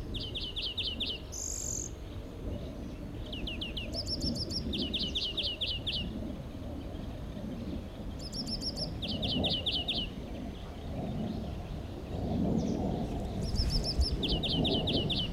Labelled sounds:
European Greenfinch (Chloris chloris) song
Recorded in the wild
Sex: male
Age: adult
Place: Wartenberger Luch, Berlin, DE
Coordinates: 52.5733, 13.5256
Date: 1990-05-28 21:13
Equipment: Uher 4400 Report Monitor, Sennheiser MKH 416 T
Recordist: Frommolt, Karl-Heinz

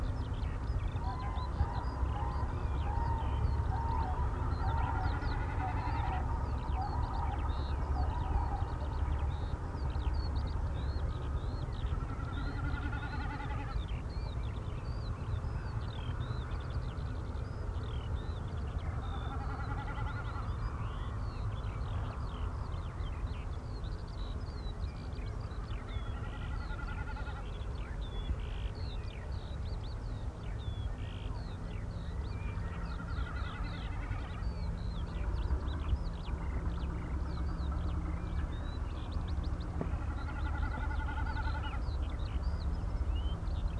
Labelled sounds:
Common Snipe (Gallinago gallinago) bleating
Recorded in the wild
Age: adult
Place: Pevestorf (Höhbeck), Niedersachsen, DE
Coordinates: 53.05, 11.46
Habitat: meadow
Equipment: Uher 4000 Report L, Parabolreflektor, Dynamisches Uher Mikrofon
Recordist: Gaeth, Peter

